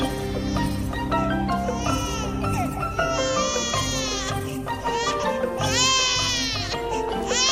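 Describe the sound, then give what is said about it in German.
A baby in the film Ice Age cries loudly and without pause, letting out a series of high, wavering wails that rise and fall, with whimpering sobs between them and no one talking. “Ich habe schon Sachen gefressen, die weniger gejammert haben.”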